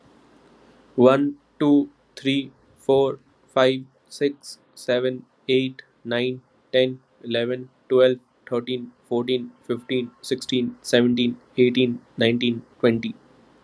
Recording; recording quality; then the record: counting at a normal pace; excellent, no background noise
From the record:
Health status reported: COVID-19 positive, mild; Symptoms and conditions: cough, cold, sore throat, fever, fatigue, loss of smell and taste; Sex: male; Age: 27 years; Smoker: not ticked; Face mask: not worn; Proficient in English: yes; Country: India